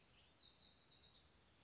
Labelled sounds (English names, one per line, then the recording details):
House Wren
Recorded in Sonoma County, California